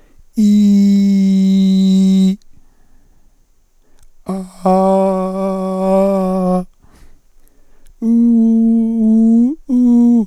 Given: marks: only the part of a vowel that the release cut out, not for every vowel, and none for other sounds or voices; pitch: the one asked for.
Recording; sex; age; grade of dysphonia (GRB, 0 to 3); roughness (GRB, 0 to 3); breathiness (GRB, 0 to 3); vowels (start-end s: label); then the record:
sustained vowels; male; 60 to 69 years; 2; 2; 2
0.49-2.20 s: vowel /i/, high pitch
4.75-6.46 s: vowel /a/, high pitch
8.16-10.07 s: vowel /u/, high pitch
From the record:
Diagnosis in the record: cordectomy, ventricular fold phonation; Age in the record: 63 years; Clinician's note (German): Zustand danach, beidseitige Synechie, kompensierte Taschenfaltenstimme